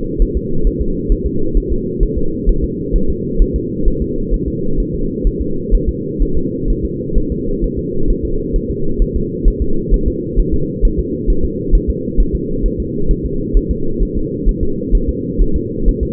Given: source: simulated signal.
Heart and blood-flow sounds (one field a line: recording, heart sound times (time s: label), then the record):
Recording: fetal heart sounds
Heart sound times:
0.22 s: S1
0.37 s: S2
0.67 s: S1
0.81 s: S2
1.12 s: S1
1.26 s: S2
1.57 s: S1
1.72 s: S2
2.03 s: S1
2.18 s: S2
2.49 s: S1
2.64 s: S2
2.96 s: S1
3.10 s: S2
3.42 s: S1
3.56 s: S2
3.88 s: S1
4.02 s: S2
4.34 s: S1
4.48 s: S2
4.80 s: S1
4.95 s: S2
5.27 s: S1
5.41 s: S2
5.75 s: S1
5.89 s: S2
6.22 s: S1
6.37 s: S2
6.70 s: S1
6.85 s: S2
7.18 s: S1
7.32 s: S2
7.64 s: S1
7.79 s: S2
8.10 s: S1
8.25 s: S2
8.56 s: S1
8.70 s: S2
9.02 s: S1
9.16 s: S2
9.48 s: S1
9.62 s: S2
9.94 s: S1
10.08 s: S2
10.39 s: S1
10.54 s: S2
10.85 s: S1
10.99 s: S2
11.30 s: S1
11.45 s: S2
11.75 s: S1
11.90 s: S2
12.20 s: S1
12.35 s: S2
12.66 s: S1
12.80 s: S2
13.11 s: S1
13.25 s: S2
13.57 s: S1
13.71 s: S2
14.03 s: S1
14.17 s: S2
14.49 s: S1
14.63 s: S2
14.95 s: S1
15.09 s: S2
15.42 s: S1
15.56 s: S2
15.89 s: S1
16.03 s: S2
From the record:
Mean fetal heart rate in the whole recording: 130 bpm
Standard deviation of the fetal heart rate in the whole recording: 2 bpm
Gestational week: 38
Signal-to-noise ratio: -8.1 dB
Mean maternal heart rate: 72 bpm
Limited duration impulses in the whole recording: absent